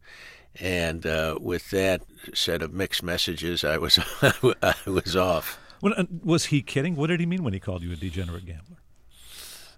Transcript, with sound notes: And with that set of mixed messages, I was off.
(SOUNDBITE OF LAUGHTER)
Was he kidding? What did he mean when he called you a degenerate gambler?